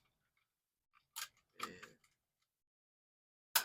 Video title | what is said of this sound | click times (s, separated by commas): Review of Detonator from the 80’s cartoon Centurions by Kenner | that locks in like that | 3.6 s